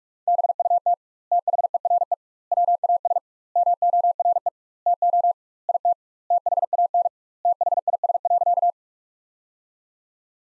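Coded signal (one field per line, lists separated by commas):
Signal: Morse code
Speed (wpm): 46 wpm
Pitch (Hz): 700 Hz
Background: none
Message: BUT THERE WAS MORE TO IT THAN THIS.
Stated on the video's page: Morse practice sentences built from the top 100 words at 45 wpm with twice the standard word spacing, a word-based Farnsworth-like method.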